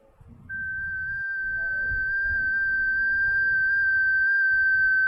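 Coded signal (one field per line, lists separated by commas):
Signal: FT8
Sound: a steady, slightly warbling single tone around 1.5 kHz starting after half a second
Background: low rumble, outdoor noise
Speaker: I've got six seconds left and then I'm gonna hit when the other stations go away I'm gonna hit transmit okay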